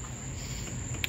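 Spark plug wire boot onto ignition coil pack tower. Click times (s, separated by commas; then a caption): 1.0 s. Spark plug wire number one's boot is pushed onto its ignition coil pack tower on a 2001-2010 Chrysler Town & Country or Dodge Grand Caravan V6 minivan, over a steady high-pitched tone and low hum. A short, sharp click comes at 1.0 s as the wire seats in place.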